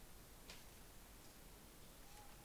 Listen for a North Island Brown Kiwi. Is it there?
no